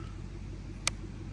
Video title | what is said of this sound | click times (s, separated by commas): Portable Tire Pressure Machines Make GREAT Gifts For The Holidays... | click. That's it. Simple. | 0.9 s